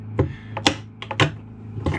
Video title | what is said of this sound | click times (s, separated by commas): Gas Piston RV Bed Lift Strut Install - RV Upgrades | just snaps on there and it's locked into place | 0.7 s